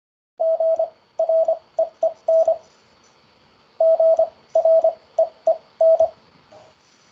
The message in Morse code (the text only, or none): GREEN GREEN